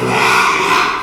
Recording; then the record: squeal of a Yucatan mini pig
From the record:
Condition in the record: after surgery on the right vocal fold (resection and tissue-engineered implant); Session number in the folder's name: 1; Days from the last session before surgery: 6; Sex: male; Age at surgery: 12 weeks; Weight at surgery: 13 kg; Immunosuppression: cyclosporine, prednisolone